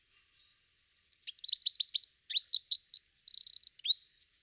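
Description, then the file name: Eurasian wren song, a loud rapid outpouring of high sharp notes and trills lasting about three and a half seconds, with a fast buzzy rattle near the end. "Troglodytes troglodytes"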